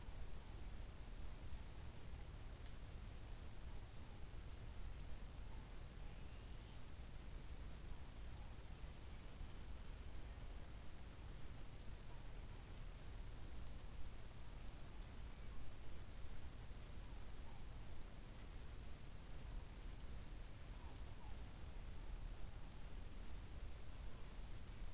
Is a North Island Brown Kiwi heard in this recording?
no